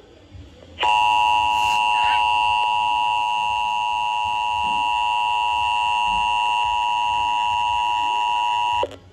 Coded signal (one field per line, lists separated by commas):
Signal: Emergency Alert System (SAME) tones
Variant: 853 and 960 Hz attention tone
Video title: EAS 2080-2086: Weeklies & Monthlies from 7/13/21-7/14/21